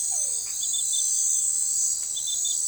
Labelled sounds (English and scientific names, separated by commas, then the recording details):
none
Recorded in forest near Pivijay, Magdalena, Colombia, on 16 April 2023 at 22:30
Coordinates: 10.467, -74.380
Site Z5-G034